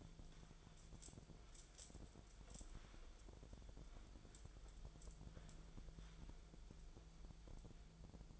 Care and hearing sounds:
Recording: daily activity, microphone in the room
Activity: wipe stove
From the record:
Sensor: 5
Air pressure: 1000.6 hPa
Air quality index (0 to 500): 156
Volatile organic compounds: 2 ppm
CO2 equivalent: 1198 ppm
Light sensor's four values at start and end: 49/102/47/53 and 49/103/47/53

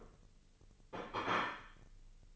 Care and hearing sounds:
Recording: daily activity, microphone in the room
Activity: place plate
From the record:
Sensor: 4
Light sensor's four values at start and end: 12/28/11/11 and 12/28/11/11

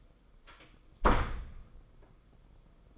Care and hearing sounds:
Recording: daily activity, microphone in the room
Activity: close door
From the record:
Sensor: 5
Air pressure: 990.5 hPa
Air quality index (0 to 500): 149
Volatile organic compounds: 157 ppm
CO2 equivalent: 4053 ppm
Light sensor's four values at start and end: 27/64/26/29 and 26/63/26/28

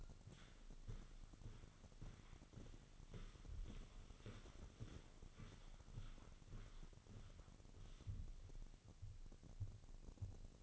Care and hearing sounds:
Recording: daily activity, microphone in the room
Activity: walk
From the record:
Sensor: 4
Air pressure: 1010.1 hPa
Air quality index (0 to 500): 171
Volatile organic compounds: 2 ppm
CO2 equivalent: 1242 ppm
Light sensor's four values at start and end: 54/135/57/62 and 54/134/56/62

